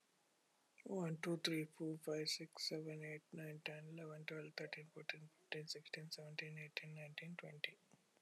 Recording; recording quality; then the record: counting at a normal pace; excellent, no background noise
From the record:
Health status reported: healthy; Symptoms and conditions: diabetes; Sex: male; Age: 42 years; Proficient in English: yes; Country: India